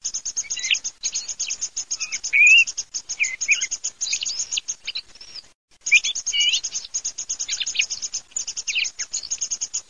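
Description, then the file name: Mistle thrush song, varied high whistled and twittering phrases with short pauses between them, over a steady high pulsed trill. "TORDOPATRIARCA"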